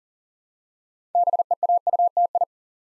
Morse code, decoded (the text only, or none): BEAUTI